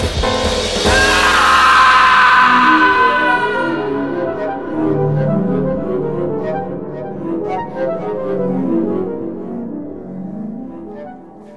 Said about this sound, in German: Er gerät selber ins Rutschen. Mit einem schrecklichen Schrei fällt er in den Abgrund.